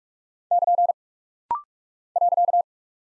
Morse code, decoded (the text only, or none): <KN> .